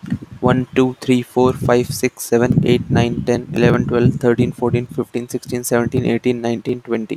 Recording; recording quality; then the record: counting at a fast pace; excellent, no background noise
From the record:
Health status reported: healthy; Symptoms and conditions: none ticked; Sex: male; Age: 21 years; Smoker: not ticked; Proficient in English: yes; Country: India